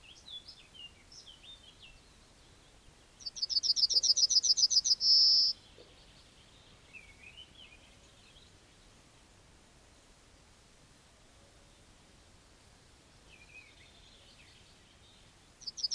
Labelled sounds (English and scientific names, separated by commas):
Yellowhammer (Emberiza citrinella) song